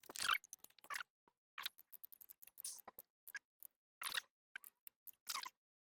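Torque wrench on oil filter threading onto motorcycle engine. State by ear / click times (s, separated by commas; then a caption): not seated / none. A torque wrench with a filter spanner, set to the low end of its scale at 11 Nm, tightens the oil filter onto a BMW R1100R motorcycle engine, giving short bursts of gritty ratcheting and scattered light ticks. The tightening stops before the wrench clicks, out of caution about over-tightening the filter, so nothing has clicked yet.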